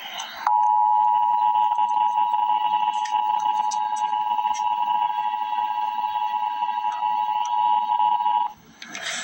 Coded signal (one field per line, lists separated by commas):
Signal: Emergency Alert System (SAME) tones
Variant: 853 and 960 Hz attention tone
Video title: Emergency Alert System - Special Weather Statement - Mar 15, 2025 at 6:49 AM EDT